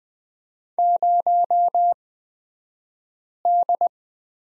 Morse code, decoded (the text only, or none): 0D